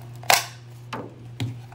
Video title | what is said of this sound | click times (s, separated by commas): ✅ Gear Review - Recommended Duty Holster for Armed Security Guards⁉️ | you hear that lock locks in place the amazing thing about this system | 0.3 s